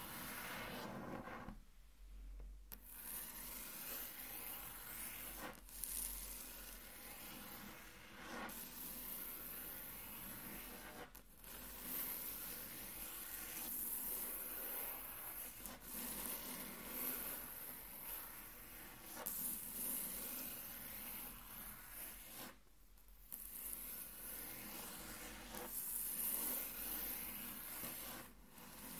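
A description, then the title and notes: Fingertips or nails trace hard across a wooden tabletop in a steady, dense, scratchy rubbing with a bright hiss on top. The strokes run almost without break, pausing briefly every few seconds, with a longer gap near the two- and twenty-three-second marks. Intense Table Tracing (No Talking).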